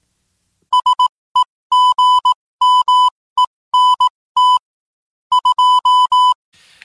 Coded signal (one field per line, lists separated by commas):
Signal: Morse code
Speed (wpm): 18 wpm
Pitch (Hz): 1000 Hz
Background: music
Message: SEGMENT 2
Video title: Ham Radio: CW for the Newbie w/KI4WFJ Episode 41